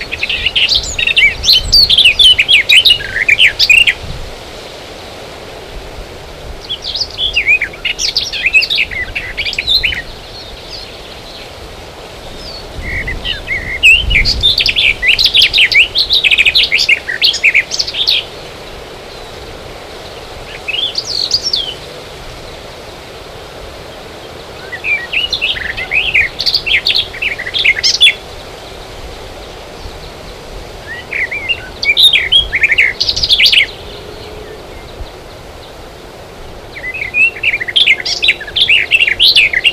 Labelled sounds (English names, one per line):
Garden Warbler song